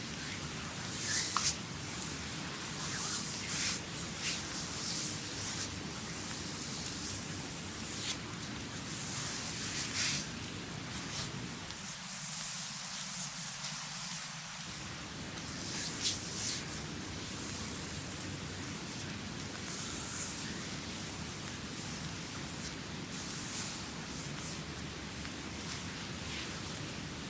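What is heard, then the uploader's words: A creamy full body massage: steady, dense rubbing and swishing of hands over skin, with bright slick strokes recurring every second or so. Around twelve to fifteen seconds the lower body of the sound thins briefly before the continuous rubbing resumes. ASMR Creamy Full Body Massage by Adel.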